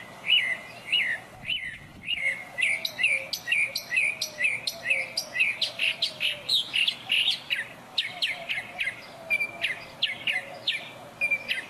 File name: Northern Mockingbird Sandtouch 2